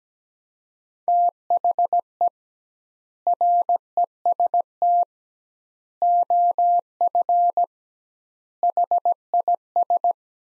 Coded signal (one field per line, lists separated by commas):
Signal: Morse code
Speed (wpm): 17 wpm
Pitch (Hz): 700 Hz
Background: none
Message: THE REST OF HIS